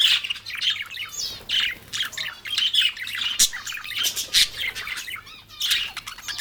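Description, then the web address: Exotic birds chattering together, a dense mix of shrill chirps, squeaks and short squawks overlapping with no clear rhythm. "Blue Box birds birds exotic"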